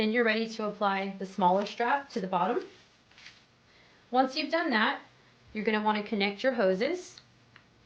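Someone talks while handling the hose from an Iceman cold therapy cooler, about to connect it to the Iceman Hip Pad's plastic quick-connect coupling, where a click means the connection is secure. Soft handling noises occur around 3.1 s during a pause in the talk, and a brief faint tick comes near the end. Nothing has clicked or seated yet.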